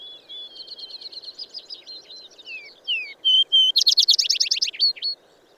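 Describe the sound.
Bird singing a rapid phrase of high whistled notes and downward slurs, then a loud burst of rapidly repeated notes and closing chirps.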